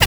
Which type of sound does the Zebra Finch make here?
tet call